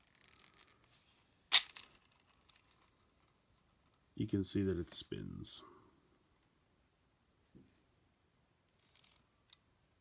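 A button press on a plastic toy jet releases its spring-loaded spinning rotor gimmick with a sharp snap at 1.5 seconds, followed by a few faint ticks as it spins. Someone talks from about 4 to 6 seconds, and soft clicks follow near 9.0 and 9.5 seconds.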